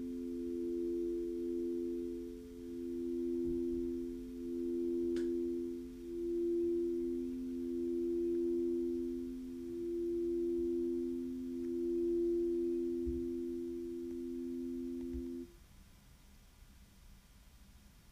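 Crystal bowls ring in a steady, layered low chord that swells and dips in a slow, regular pulse for about fifteen seconds, then cuts off abruptly. A few soft, low drum thumps land near 3.5, 13 and 15 seconds, and quiet hiss remains afterward.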